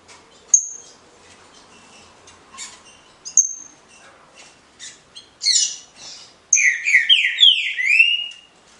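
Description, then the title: Green-winged Saltator: scattered faint clicks and thin high notes, then a loud burst of rapid, downward-slurred whistled phrases in the final seconds. 9-month-old young bird from a breeder in Cambé, Paraná, Brazil; song style labelled Voz 06. "Canto De Trinca Ferro Voz 06. FILHOTE COM 09 MESES CRIATÓRIO DO NEGO (Cambé Pr)"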